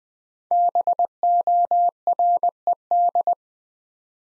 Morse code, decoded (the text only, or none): BORED